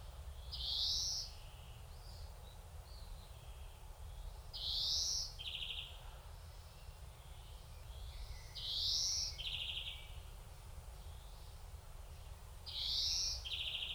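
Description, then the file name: European greenfinch repeating a nasal wheeze roughly every four seconds, each often followed by a short buzzy note, with faint softer calls between over a low hum. "Chloris chloris"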